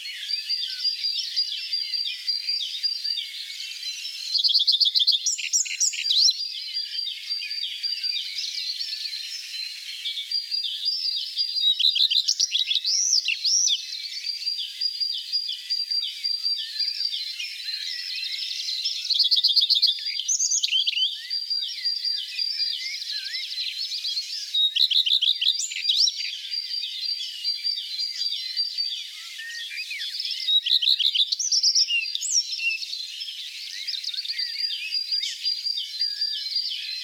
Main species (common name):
Common Redstart